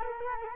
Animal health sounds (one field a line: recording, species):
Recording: mosquito wingbeat signal from an infrared sensor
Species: Culex quinquefasciatus